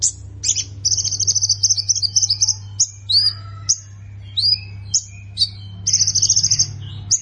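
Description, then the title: Plain prinia giving high buzzy bursts and short upslurred chirps in an irregular sequence, steady electrical-sounding hum underneath. "Ciblek Sawah"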